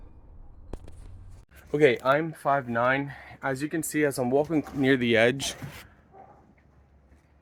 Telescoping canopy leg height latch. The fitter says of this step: lift it up until this Clicks in place for the height okay